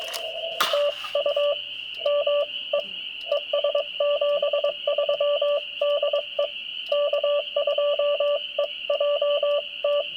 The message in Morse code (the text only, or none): TU ME ES 73 DE K2EJT